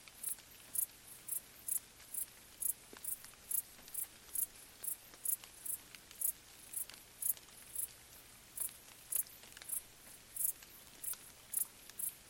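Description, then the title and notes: Crickets give high pulsed chirps at a steady quick rhythm while light rain patters on leaves. Crickets stridulating late on a summer night in gentle rain falling on vegetation, along an abandoned railway track in Bad Boll, Baden-Württemberg; village silent nearby. "Crickets in gentle summer rain. crickets stridulating late at night whilst gentle summer rain falls on the surrounding vegetation. along an abandoned railway track in Bad Boll, Baden-Württemberg. Colin Hunter. Music for Sleep"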